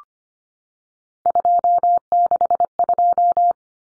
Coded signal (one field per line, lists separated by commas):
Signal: Morse code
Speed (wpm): 25 wpm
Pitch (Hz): 700 Hz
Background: none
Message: 262